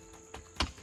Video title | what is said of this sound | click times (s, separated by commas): Walk around of Tusk Runner and our 23Zero Walkabout 87 RoofTop Tent! | want these top ones to be up all the way and you'll hear them click | 0.6 s